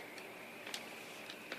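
The front takedown pin that joins a rifle's upper and lower receivers is being handled before it is pushed home. Over a steady background hiss, soft ticks sound around 0.7 s and 0.8 s, with another sharp tick at 1.5 s. Nothing has seated or clicked yet.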